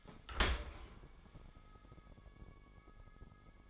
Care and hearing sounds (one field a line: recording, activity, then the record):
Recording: daily activity, microphone in the room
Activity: open dishwasher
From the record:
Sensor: 5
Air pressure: 1015.0 hPa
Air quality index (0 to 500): 159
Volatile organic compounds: 5 ppm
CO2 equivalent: 1717 ppm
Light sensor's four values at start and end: 39/92/37/40 and 38/90/37/40